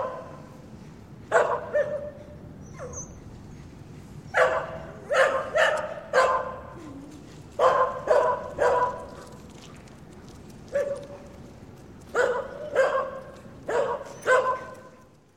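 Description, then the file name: Terrier barking in irregular bursts, single sharp barks mixed with quick runs of two or three, separated by short pauses, with a faint hiss behind. "Sound Ideas 2000 Series. Terrier Bark"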